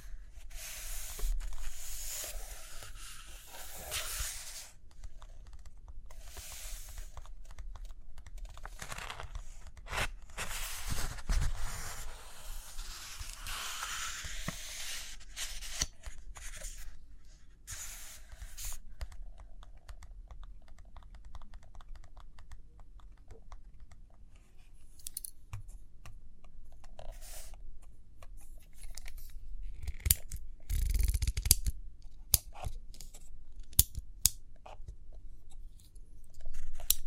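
Pages turn and pens or pencils tap and scratch across paper. Broad rustling sweeps fill the first fifteen seconds, giving way to sparser clicks, taps and short scratching strokes, with a louder cluster of sharp taps and a rustle around thirty seconds.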